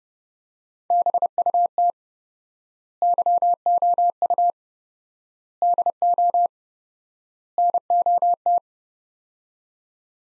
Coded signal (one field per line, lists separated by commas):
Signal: Morse code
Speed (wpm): 30 wpm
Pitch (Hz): 700 Hz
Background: none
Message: BUT YOU DO NOT